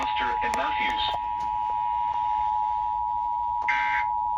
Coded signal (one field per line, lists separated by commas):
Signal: Emergency Alert System (SAME) tones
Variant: 853 and 960 Hz attention tone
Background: speech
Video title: EAS Alerts From July 8-9, 2022